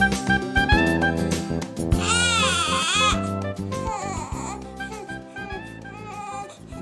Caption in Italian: Questo bambino sta piangendo.